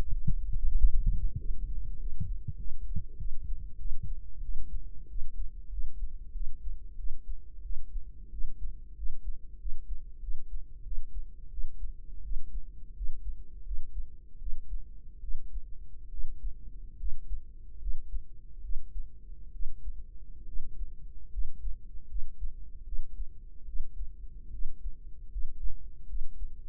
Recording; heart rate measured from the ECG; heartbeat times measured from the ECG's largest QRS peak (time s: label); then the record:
heart sounds by microphone in the right ear; 83 bpm
0.08 s: heartbeat
0.71 s: heartbeat
1.35 s: heartbeat
1.95 s: heartbeat
2.55 s: heartbeat
3.15 s: heartbeat
3.75 s: heartbeat
4.39 s: heartbeat
5.06 s: heartbeat
5.68 s: heartbeat
6.31 s: heartbeat
6.95 s: heartbeat
7.61 s: heartbeat
8.29 s: heartbeat
8.94 s: heartbeat
9.57 s: heartbeat
10.19 s: heartbeat
10.82 s: heartbeat
11.48 s: heartbeat
12.21 s: heartbeat
12.93 s: heartbeat
13.63 s: heartbeat
14.37 s: heartbeat
15.19 s: heartbeat
16.09 s: heartbeat
16.96 s: heartbeat
17.78 s: heartbeat
18.61 s: heartbeat
19.51 s: heartbeat
20.45 s: heartbeat
21.30 s: heartbeat
22.07 s: heartbeat
22.83 s: heartbeat
23.64 s: heartbeat
24.50 s: heartbeat
25.29 s: heartbeat
26.05 s: heartbeat
From the record:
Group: healthy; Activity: cold pressor test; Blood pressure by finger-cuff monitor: 95/58 mmHg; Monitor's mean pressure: 70 mmHg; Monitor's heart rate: 83 bpm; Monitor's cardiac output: 6.9 L/min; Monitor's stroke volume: 83 mL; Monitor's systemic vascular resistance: 740 dyn s/cm5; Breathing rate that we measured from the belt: 15 breaths a minute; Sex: female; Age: 23 years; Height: 160 cm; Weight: 50.4 kg